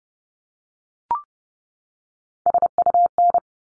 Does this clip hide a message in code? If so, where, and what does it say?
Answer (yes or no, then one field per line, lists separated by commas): yes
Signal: Morse code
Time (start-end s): 2.5-3.4 s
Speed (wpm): 30 wpm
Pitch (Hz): 700 Hz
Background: none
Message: SUN